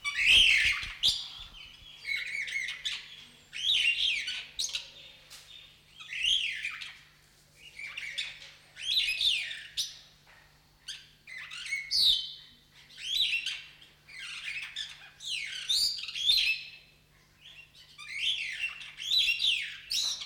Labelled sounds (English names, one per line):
Superb Starling